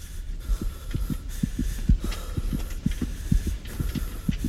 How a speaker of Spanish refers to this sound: Mi corazón latió de nuevo sin control e intenté incorporarme sin hacer ruido, pero...